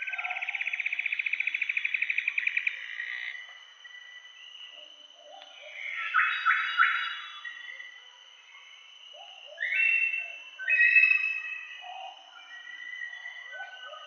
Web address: ULM-DS-Lab indonesian-bird-sounds. Tanysiptera galatea